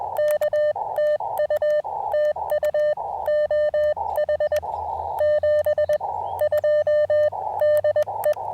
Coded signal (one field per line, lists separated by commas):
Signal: Morse code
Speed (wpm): 21 wpm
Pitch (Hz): 590 Hz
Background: none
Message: K TU TU OH 72 DE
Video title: Fort Wellington POTA: Can the AX1 Deliver During Rough Band Conditions?